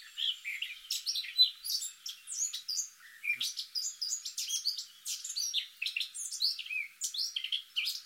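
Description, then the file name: Eurasian blackcap song: a dense, fast run of high, chirpy warbled notes, continuing throughout. "Sylvia atricapilla"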